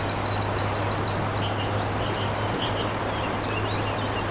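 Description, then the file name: Eurasian wren giving a quick high trill at the start followed by softer twittering, with flowing water and a low hum throughout. Recorded by a stream on 21 April 2015 using an MZ-N 710 recorder. "MZ-N 710 Troglodyte mignon ruisseau 21 04 15"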